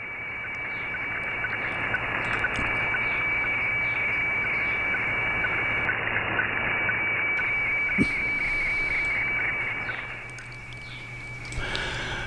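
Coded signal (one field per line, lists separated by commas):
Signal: weather fax (radiofax)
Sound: steady high tone with rapid brief dips in pitch over hissing static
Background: radio static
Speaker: and then we can hear our loop back device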